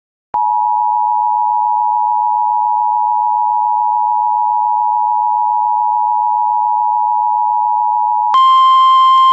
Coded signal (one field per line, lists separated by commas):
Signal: Emergency Alert System (SAME) tones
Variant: 853 and 960 Hz attention tone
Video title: Overnight Alerts: EAS Alerts From 6/9/24 (EAS #2559-2569)